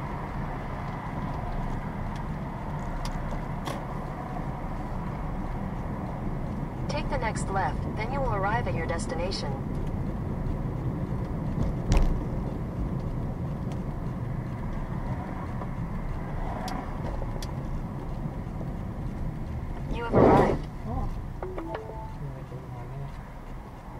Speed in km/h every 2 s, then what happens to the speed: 16, 16, 19, 24, 27, 29, 29, 23, 19, 18, 13, 10.
3-9 speeds up to 29. 12-24 slows to 10.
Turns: 0-4, 16-20.